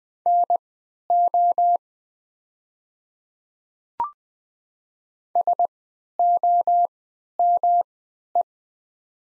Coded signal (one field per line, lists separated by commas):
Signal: Morse code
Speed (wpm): 20 wpm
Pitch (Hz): 700 Hz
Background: none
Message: NO SOME